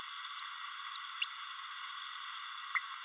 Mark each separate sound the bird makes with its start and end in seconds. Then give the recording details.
1.21-1.25, 2.75-2.80. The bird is a male. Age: 31 days. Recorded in a nest box in Venezuela. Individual 17B32A6